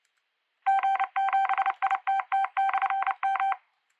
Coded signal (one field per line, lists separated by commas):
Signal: Morse code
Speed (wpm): 29 wpm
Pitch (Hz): 780 Hz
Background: none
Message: G7ITT/M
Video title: Preparing for CQ WW CW 2024 - Day 1 (15th October 2024) #CWmotivation